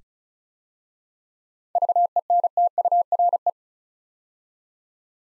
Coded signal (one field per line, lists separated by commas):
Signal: Morse code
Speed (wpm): 36 wpm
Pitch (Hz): 700 Hz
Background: none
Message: VENTURE